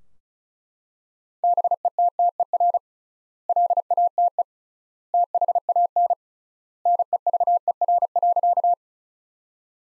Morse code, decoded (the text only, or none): BETTER LATE THAN NEVER.